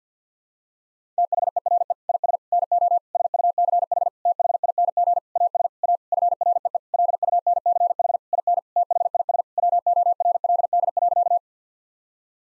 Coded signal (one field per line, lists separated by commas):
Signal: Morse code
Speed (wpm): 50 wpm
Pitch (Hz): 700 Hz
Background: none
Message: THERE IS NO SUCH THING AS A FREE LUNCH IN THIS WORLD.